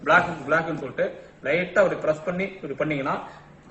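A man talks while the interconnect cable plug from the unit is lined up red to red and black to black and pressed lightly toward the voting machine control unit socket. Only his voice is heard, with no sudden sounds. Nothing has seated or clicked yet.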